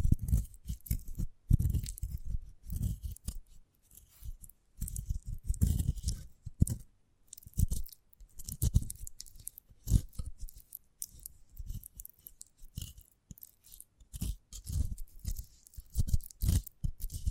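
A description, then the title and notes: Sprouted coconut being handled and bitten, with rapid crisp crunches and clicks in quick, uneven clusters. Soft low thumps sit under bright snapping bits, with brief quiet gaps near 1.5, 4.5 and 7 seconds before the crunching resumes. ASMR of a Sprouted Coconut (No Talking).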